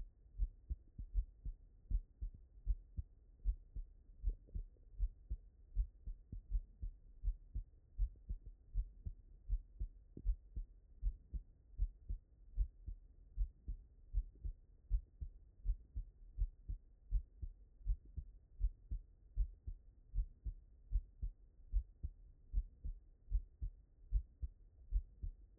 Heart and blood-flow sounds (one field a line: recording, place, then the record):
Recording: heart sounds by stethoscope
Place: pulmonary valve (PV)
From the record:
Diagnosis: non-HFrEF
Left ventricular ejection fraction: 49%